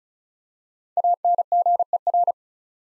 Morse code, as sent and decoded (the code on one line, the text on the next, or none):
.- -. --. . .-.
ANGER